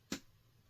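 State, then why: Seated. A part of a large resin miniature kit, an Aeldari Vampire Hunter, is pushed by force into its mating part as a friction fit. A single short, sharp snap-like click at 0.1 s marks the part going home and seating in place, with near silence around it.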